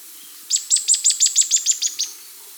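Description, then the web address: Streaked Xenops giving a high, sharp series of about ten thin chips, evenly spaced and slightly falling in pitch, over a quiet background. South America. "S America Streaked Xenops (Xenops Rutilans)"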